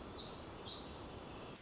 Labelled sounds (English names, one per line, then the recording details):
Pacific Wren
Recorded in Sonoma County, California